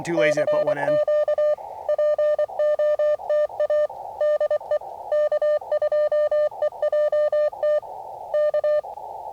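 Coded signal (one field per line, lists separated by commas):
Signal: Morse code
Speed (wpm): 23 wpm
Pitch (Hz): 600 Hz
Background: speech, music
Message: CQ POTA DE K2EJT K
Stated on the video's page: CW Parks on the Air activation at US-5221 using a 9:1 random wire antenna; band conditions poor, slow start.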